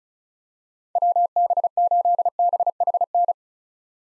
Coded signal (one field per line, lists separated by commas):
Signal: Morse code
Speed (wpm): 36 wpm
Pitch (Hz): 700 Hz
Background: none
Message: WB8BHN